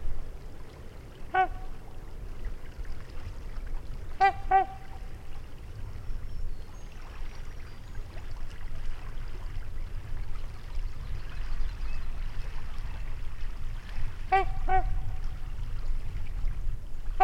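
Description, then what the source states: Trumpeter swan trumpeting: loud, nasal, horn-like honks, singly and in pairs, over a steady low rumble. Trumpeting near a lake in Wisconsin, 2019.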